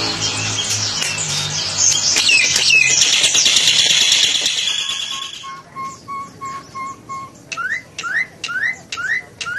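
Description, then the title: Nias hill myna song opening with a loud noisy rush, then a row of steady whistled notes and a series of rising upslurred whistles. Loud, actively singing bird; recording intended as a model for training other songbirds (masteran). "Burung Jalak Nias Gacor Suara Super Gledek Untuk Masteran"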